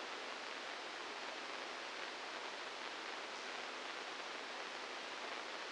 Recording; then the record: brain microelectrode recording played as sound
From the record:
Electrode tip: inside the subthalamic nucleus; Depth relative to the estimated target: -2 mm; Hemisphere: left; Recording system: NeuroSet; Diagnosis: Parkinson's disease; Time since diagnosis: 15 years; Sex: female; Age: 59 years